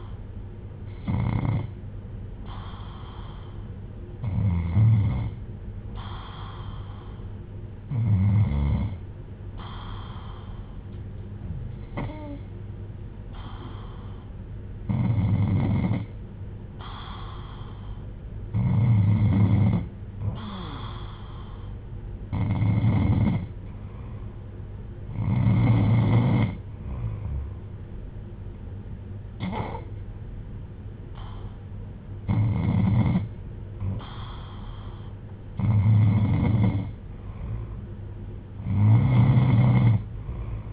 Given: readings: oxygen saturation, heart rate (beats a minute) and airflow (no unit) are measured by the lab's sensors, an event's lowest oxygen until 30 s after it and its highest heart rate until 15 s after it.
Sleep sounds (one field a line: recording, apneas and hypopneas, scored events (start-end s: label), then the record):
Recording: breathing in sleep by a smartphone at the bedside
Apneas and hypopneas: 1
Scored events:
4.00-23.30 s: hypopnea (N1, oxygen 95% highest, then 92% lowest)
7.00-40.73 s: new sleep stage, N2 (light sleep)
From the record:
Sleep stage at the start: N1 (lightest sleep)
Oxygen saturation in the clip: 91 to 95%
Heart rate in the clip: 60 to 62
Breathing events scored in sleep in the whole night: 310 in 8.1 hours asleep